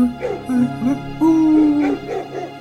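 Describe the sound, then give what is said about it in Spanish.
Dogs bark and yowl in the distance in a run of drawn-out, pitched calls that rise and fall, steady and fairly loud for a few seconds with no talking over them. “¿Sabes que yo a lo lejos me parece escuchar a algunos perros?”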